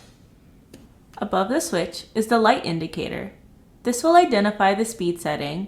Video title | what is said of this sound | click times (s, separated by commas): KFS 30 Cordless Driver with Hex Electric Tool | snap into place | 0.7 s